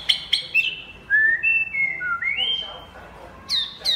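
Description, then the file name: White-rumped shama: clear, sliding whistled notes, some rising and some falling, framed by a few sharp high chips. Champion bird from a songbird singing contest. "suara murai batu juara lomba"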